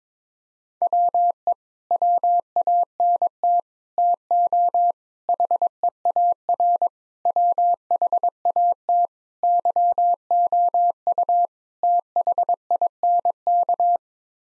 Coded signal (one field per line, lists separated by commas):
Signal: Morse code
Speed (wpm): 22 wpm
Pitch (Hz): 700 Hz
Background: none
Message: WE WANT TO HEAR WHAT YOU THINK